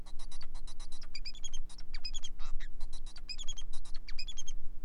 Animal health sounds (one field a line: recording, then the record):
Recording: song of a male Bengalese finch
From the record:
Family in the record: son of father 4